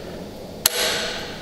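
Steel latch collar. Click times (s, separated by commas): 0.7 s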